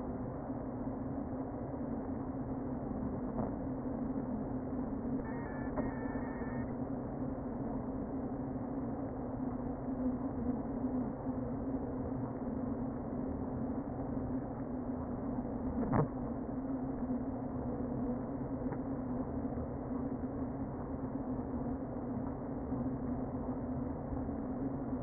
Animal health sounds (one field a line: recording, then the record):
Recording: honeybee colony, microphone inside the hive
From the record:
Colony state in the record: queen present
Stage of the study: before two queens were removed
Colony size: about 60,000 bees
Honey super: yes